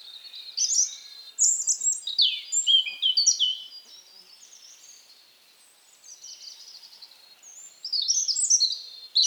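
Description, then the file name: European robin song: a string of high, thin, varied warbled phrases, some sliding and some trilled, separated by short pauses, with a quiet gap midway before more sparkling notes. "Erithacus rubecula"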